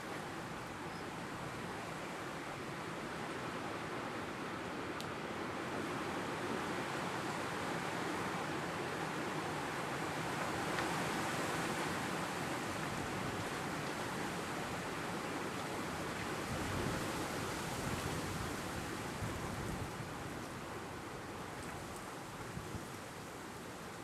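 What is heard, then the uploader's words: Wind rushes through a forest in a dense, unbroken roar that fills everything from low rumble to a hissing top. It stays nearly steady for the whole stretch, with gentle swells around eleven and seventeen seconds and a few faint ticks scattered throughout. One Hour Of Wind In The Forest.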